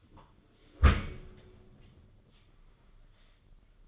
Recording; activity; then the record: daily activity, microphone in the room; close dishwasher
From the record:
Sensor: 4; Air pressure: 995.2 hPa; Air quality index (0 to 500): 212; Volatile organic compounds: 238 ppm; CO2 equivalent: 4328 ppm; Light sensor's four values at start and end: 37/115/43/48 and 35/110/41/46